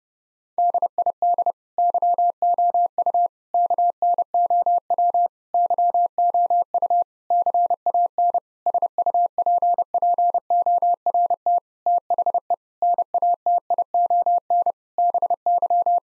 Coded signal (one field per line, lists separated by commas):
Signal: Morse code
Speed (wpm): 30 wpm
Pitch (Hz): 700 Hz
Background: none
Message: DID YOU KNOW YOU CAN SUPPORT THE NATION BY